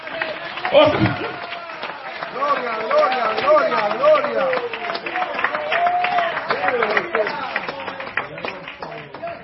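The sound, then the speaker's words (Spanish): Scattered, uneven clapping from a handful of people at a Sunday school church service, sharp irregular claps running throughout while several voices call out the same word over and over. “Oiga, aplauden unos dos acá, otros dos por allá.”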